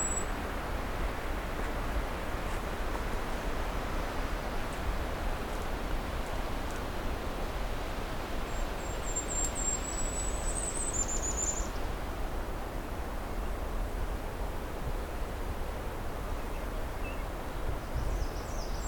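Birds call in a cedar swamp over a steady, dense hiss that runs unchanged throughout. A thin, very high trill slides by from about eight to twelve seconds, and a few faint high notes return near the end.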